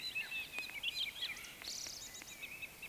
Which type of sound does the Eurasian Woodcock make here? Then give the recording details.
whistle, croak. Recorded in Baden-Württemberg, Germany, on 20 May 2021 at 19:23 UTC. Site 24606, 635 m above sea level